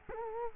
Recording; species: mosquito wingbeat signal from an infrared sensor; Culex quinquefasciatus